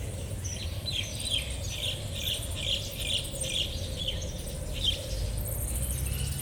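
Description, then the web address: Bird calling with a series of several short, high chirps over a steady hiss and a low traffic rumble. Birds in a temple city park in Thailand, with light traffic in the distance. "Charlie Atanasyan - Thailand sound library by Faunethic City park of temple birds and light traffic away"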